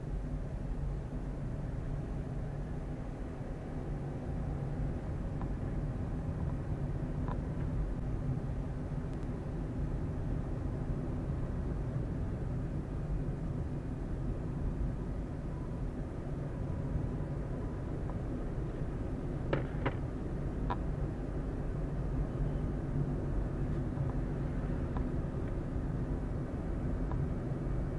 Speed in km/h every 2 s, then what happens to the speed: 20, 23, 24, 25, 26, 27, 27, 27, 29, 31, 32, 32, 32, 32.
0-20 speeds up to 32. 20-28 steady at about 32.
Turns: none.